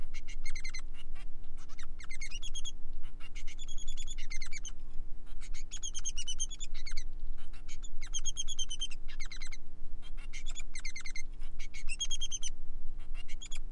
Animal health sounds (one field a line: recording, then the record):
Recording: song of a male Bengalese finch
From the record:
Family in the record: son of father 3